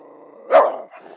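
Dog giving a single short bark, with a faint steady hum underneath and a softer sound just after.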